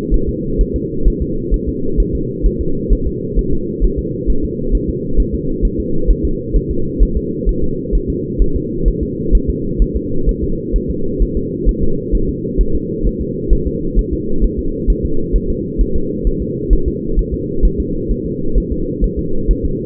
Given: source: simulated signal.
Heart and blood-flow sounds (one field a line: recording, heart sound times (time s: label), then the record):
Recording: fetal heart sounds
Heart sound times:
0.14 s: S1
0.29 s: S2
0.61 s: S1
0.76 s: S2
1.08 s: S1
1.22 s: S2
1.54 s: S1
1.69 s: S2
2.00 s: S1
2.15 s: S2
2.46 s: S1
2.61 s: S2
2.93 s: S1
3.07 s: S2
3.39 s: S1
3.53 s: S2
3.85 s: S1
3.99 s: S2
4.30 s: S1
4.44 s: S2
4.75 s: S1
4.90 s: S2
5.20 s: S1
5.34 s: S2
5.65 s: S1
5.80 s: S2
6.11 s: S1
6.25 s: S2
6.56 s: S1
6.71 s: S2
7.03 s: S1
7.17 s: S2
7.49 s: S1
7.64 s: S2
7.95 s: S1
8.10 s: S2
8.42 s: S1
8.56 s: S2
8.88 s: S1
9.03 s: S2
9.35 s: S1
9.50 s: S2
9.82 s: S1
9.97 s: S2
10.29 s: S1
10.44 s: S2
10.76 s: S1
10.90 s: S2
11.22 s: S1
11.37 s: S2
11.69 s: S1
11.83 s: S2
12.15 s: S1
12.29 s: S2
12.61 s: S1
12.75 s: S2
13.07 s: S1
13.21 s: S2
13.53 s: S1
13.67 s: S2
13.99 s: S1
14.13 s: S2
14.44 s: S1
14.59 s: S2
14.90 s: S1
15.05 s: S2
15.36 s: S1
15.50 s: S2
15.81 s: S1
15.96 s: S2
16.27 s: S1
16.42 s: S2
16.73 s: S1
16.88 s: S2
17.19 s: S1
17.34 s: S2
17.65 s: S1
17.80 s: S2
18.12 s: S1
18.26 s: S2
18.58 s: S1
18.72 s: S2
19.04 s: S1
19.19 s: S2
19.51 s: S1
19.65 s: S2
From the record:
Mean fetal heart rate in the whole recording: 130 bpm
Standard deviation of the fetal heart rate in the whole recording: 2 bpm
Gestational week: 36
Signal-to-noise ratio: -8.1 dB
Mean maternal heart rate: 72 bpm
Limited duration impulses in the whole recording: absent